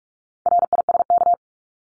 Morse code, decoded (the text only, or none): RISK